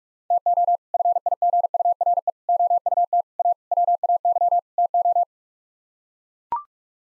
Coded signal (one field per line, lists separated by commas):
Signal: Morse code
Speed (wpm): 42 wpm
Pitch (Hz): 700 Hz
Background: none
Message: TO FIGURE OUT A WAY TO